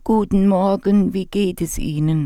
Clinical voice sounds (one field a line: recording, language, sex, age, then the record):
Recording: spoken sentence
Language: German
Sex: female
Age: 60 to 69 years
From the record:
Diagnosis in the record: recurrent laryngeal nerve paralysis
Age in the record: 69 years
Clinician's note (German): Doppelseitige mit ausgesprägtem Stridor; Glottiserweiterung mit Laser?